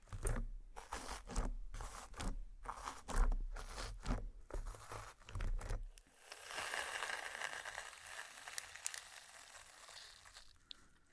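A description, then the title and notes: Slime being squeezed and pressed, first in quick, uneven squishes with soft low thumps and wet pops through the opening six seconds. Then it turns into a steadier, quieter fizzing crackle with tiny snaps, lasting to the end. ASMR SLIME! 5 Satisfying Slimes.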